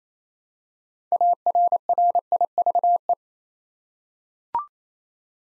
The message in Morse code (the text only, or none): ARRIVE